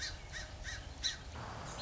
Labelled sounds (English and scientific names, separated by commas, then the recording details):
Song Sparrow (Melospiza melodia)
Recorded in Sonoma County, California